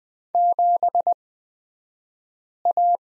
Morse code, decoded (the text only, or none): 7A